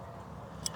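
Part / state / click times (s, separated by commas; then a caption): articulating off-road trailer hitch coupling locking onto the tow vehicle's hitch pin / seated / 0.7 s. With the coupling pin inside an articulating off-road trailer hitch, the locking button is pressed and the metal hitch latches onto the tow vehicle's hitch pin with a short, sharp click at 0.7 s over a steady low background hum. The coupling is locked.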